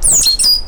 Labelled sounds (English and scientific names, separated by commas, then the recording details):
Stitchbird (Notiomystis cincta) song
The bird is a male
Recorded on Tiritiri Matangi Island, New Zealand, in 2005
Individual 12, of nest box 16